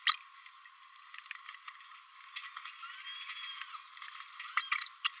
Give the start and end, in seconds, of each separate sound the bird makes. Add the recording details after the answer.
0.06-0.16, 4.57-4.65, 4.71-4.89, 5.04-5.13. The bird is a female. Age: 29 days. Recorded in a nest box in Venezuela. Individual 17B32A5